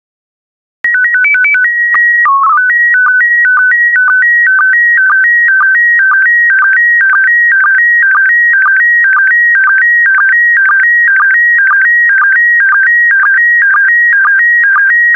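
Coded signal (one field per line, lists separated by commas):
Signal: SSTV (slow-scan television)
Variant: PD 120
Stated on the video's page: SSTV PD120 images with audio prompts.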